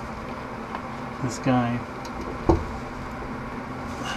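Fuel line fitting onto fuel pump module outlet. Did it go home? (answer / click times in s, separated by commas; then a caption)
yes / 2.5 s. A fuel line fitting is pushed onto the outlet of a Holley EFI in-tank fuel pump module for a '65 Falcon while someone talks. It snaps on with a sharp click at 2.5 s and is seated.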